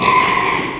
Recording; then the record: squeal of a Yucatan mini pig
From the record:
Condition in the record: after surgery on the right vocal fold (resection and tissue-engineered implant); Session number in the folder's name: 1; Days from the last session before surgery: 6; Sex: male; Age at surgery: 12 weeks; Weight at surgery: 13 kg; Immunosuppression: cyclosporine, prednisolone